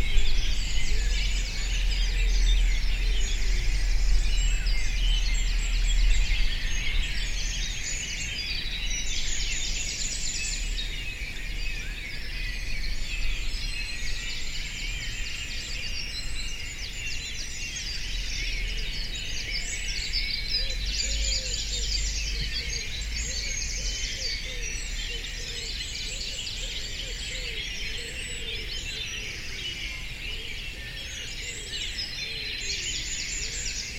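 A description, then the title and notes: A dawn chorus of many birds sings at once, a dense, steady wash of high chirps and trills with repeated bright phrases recurring every few seconds. Beneath it runs a constant low rumble, slightly louder in the first few seconds. Dawn chorus in Bradford on Avon, Wilts, UK. Starting at 4:40am by the Avon river, then at various points on the river path down to Avoncliff. Recorded on the lovely DPA 4060 microphones on my lapels, or left on benches, with MixPre2.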